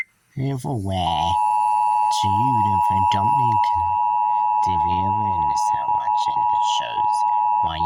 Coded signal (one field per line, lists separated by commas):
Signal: Emergency Alert System (SAME) tones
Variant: 853 and 960 Hz attention tone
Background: speech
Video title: Wednesday November 12 Emergency Alert System 9:30 PM